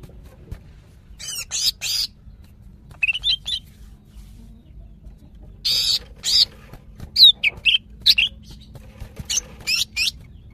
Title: CUCAK IJO BETINA GACOR HIPER MEMANGGIL JANTAN